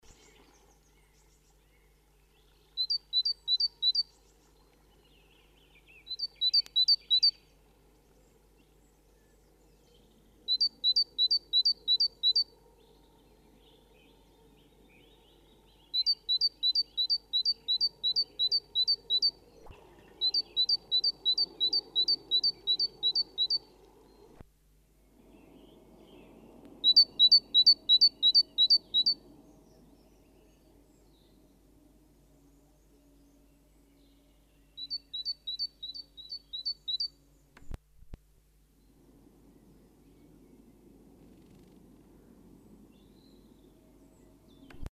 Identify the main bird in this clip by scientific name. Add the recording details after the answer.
Parus major. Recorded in the wild. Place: Kaiserslautern, Rheinland-Pfalz, DE. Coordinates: 49.4115, 7.7575. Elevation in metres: 399. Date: 1976-03-26. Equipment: Nagra IV, Sennheiser MKH 405, Parabolreflektor. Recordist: Tretzel, Erwin. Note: Gesang